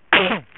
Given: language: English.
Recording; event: throat vibration sensor signal played as sound; cough